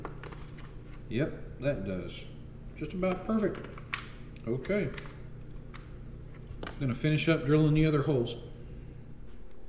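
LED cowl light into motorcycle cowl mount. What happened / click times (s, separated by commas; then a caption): The light housing is handled but not yet seated / none. A plastic LED light housing is handled during installation of a cowl LED light into a motorcycle cowl mount, with brief sharp handling sounds while someone talks. Nothing has seated or clicked yet; the part is not yet home when the clip ends.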